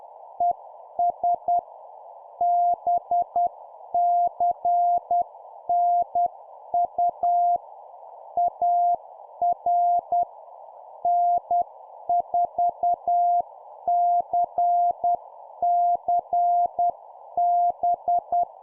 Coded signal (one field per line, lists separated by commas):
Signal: Morse code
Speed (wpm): 10 wpm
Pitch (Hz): 700 Hz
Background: none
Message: ES BCNU AR N4CCB